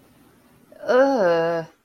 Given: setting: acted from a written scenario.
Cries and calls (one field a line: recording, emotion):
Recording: vocal sound without words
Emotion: disgust